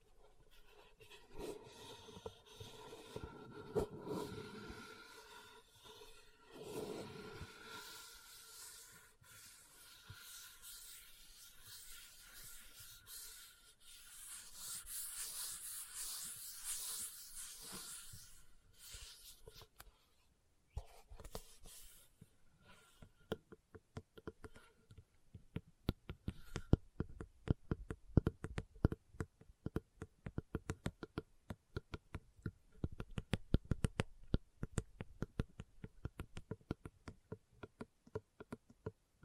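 Leather being scratched and rubbed for the first twenty seconds, a soft continuous rasping that swells and fades with each stroke. After about twenty seconds it shifts to tapping, a dense run of quick, uneven, crisp taps that continue to the end.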